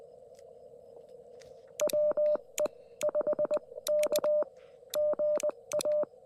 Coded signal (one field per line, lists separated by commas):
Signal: Morse code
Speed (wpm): 20 wpm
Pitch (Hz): 600 Hz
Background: none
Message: WE5K GA